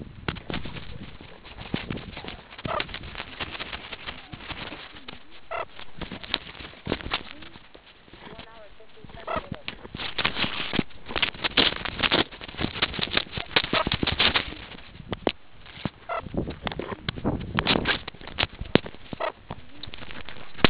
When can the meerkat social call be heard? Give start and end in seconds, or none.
none